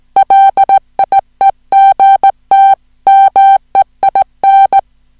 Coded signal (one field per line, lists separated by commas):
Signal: Morse code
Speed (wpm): 17 wpm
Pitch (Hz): 780 Hz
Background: music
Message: LIEGT MEIN